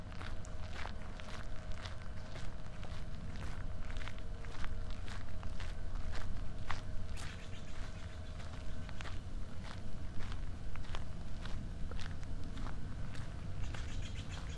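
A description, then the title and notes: A walk through Marpole, with footsteps landing in a steady, regular rhythm for the whole stretch, each step a short sharp crunch. Underneath runs a constant low rumble and hum, with a faint steady tone holding throughout and occasional light clicks between steps. Soundwalk: A walk through Marpole. The southern tip of Marpole is a gateway into the lower mainland and intersects important nodes of transportation by land, air and water.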